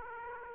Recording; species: mosquito wingbeat signal from an infrared sensor; Aedes aegypti